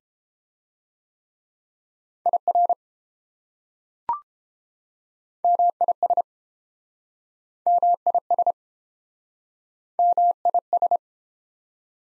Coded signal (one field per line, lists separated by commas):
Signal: Morse code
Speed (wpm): 29 wpm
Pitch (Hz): 700 Hz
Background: none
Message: IR MIS MIS MIS